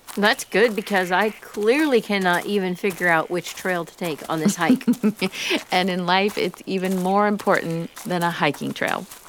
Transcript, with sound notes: That’s good, because I clearly cannot even figure out which trail to take on this hike.
(laughter) And in life, it’s even more important than a hiking trail.